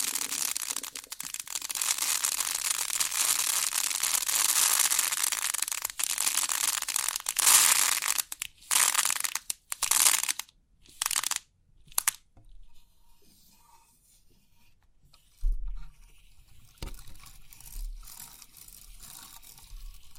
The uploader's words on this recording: Crisp 3D Pin Art Tingles(No Talking).